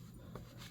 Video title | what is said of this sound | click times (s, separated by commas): Remarkable 2: Not charging issue found after power button damage issue repaired. Bad chip replaced | yep I can hear the click sound | 0.4 s